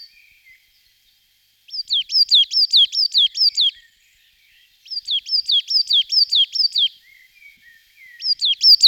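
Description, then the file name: Coal tit song of rapid, high, see-sawing notes, several per strophe, repeated with pauses of about a second; faint soft calls between strophes. Song, recorded in 2004. "roche 2004 tannenmeise"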